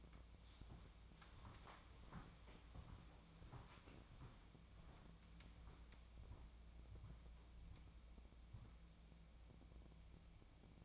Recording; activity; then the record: daily activity, microphone in the room; walk to room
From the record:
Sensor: 1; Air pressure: 1000.0 hPa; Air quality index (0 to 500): 131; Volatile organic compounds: 2 ppm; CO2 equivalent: 1240 ppm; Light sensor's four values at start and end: 38/96/40/50 and 39/98/41/51